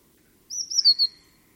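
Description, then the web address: Eurasian blue tit call, a brief high thin phrase of three or four slurred notes dropping slightly in pitch, over a quiet background. "cianscape birddata Deverinetal 2025 File origin Bird Only Cy Ca"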